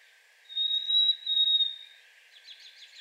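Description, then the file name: Harris's sparrow song: a clear, high, level whistle held over a second, followed by faint quick chirps. Singing in a yard. "Harriss Sparrow singing in my yard"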